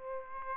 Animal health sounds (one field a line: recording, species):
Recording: mosquito wingbeat signal from an infrared sensor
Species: Aedes albopictus